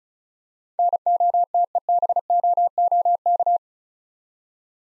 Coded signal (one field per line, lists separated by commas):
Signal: Morse code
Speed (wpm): 36 wpm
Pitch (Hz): 700 Hz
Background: none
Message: NOTEBOOK